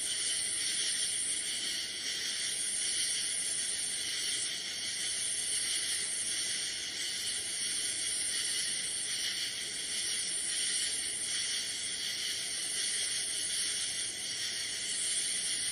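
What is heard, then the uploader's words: Cicadas drone in a dense, unbroken wall of sound, bright and buzzing high up, with several layered pitches sustained together. The chorus holds nearly level for the whole stretch, swelling and easing only slightly, with little underneath but a faint low hum. Cicadas.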